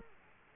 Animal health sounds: mosquito wingbeat signal from an infrared sensor; Culex quinquefasciatus

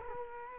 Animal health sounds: mosquito wingbeat signal from an infrared sensor; Culex quinquefasciatus

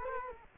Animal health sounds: mosquito wingbeat signal from an infrared sensor; Culex quinquefasciatus

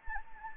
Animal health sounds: mosquito wingbeat signal from an infrared sensor; Anopheles gambiae

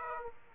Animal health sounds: mosquito wingbeat signal from an infrared sensor; Aedes aegypti

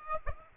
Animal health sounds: mosquito wingbeat signal from an infrared sensor; Aedes aegypti

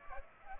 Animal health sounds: mosquito wingbeat signal from an infrared sensor; Aedes aegypti

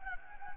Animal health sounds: mosquito wingbeat signal from an infrared sensor; Anopheles gambiae

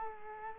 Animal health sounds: mosquito wingbeat signal from an infrared sensor; Culex quinquefasciatus

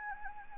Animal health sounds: mosquito wingbeat signal from an infrared sensor; Anopheles gambiae

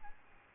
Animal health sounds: mosquito wingbeat signal from an infrared sensor; Aedes albopictus

